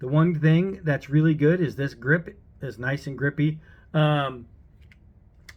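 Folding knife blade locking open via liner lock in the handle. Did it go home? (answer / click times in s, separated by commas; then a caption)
yes / 4.9 s, 5.5 s. Someone talks, then the blade of a cheap folding knife is opened until the steel liner lock in the handle engages. Two faint, short, sharp clicks are heard at 4.9 s and 5.5 s, and the blade locks open.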